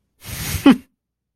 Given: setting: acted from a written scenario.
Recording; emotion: vocal sound without words; contempt